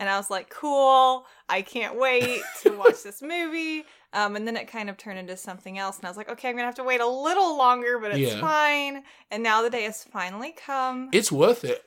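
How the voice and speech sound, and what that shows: A single adult speaks fluently in a fairly high, lively voice with wide, expressive pitch movement and short natural pauses, in a small quiet room. Articulation and voice quality are clear, consistent with ordinary conversational speech.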